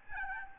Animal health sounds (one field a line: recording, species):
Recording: mosquito wingbeat signal from an infrared sensor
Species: Aedes albopictus